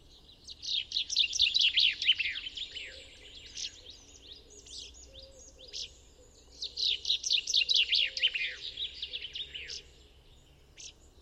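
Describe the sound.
Common chaffinch song: two loud phrases, each a speeding series of notes falling in pitch and finishing with a short flourish, with soft chirping in between.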